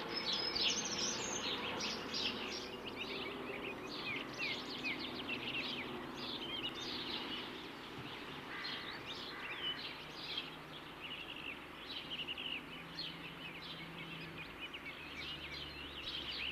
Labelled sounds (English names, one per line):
Short-toed Treecreeper song